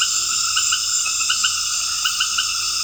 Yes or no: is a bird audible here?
no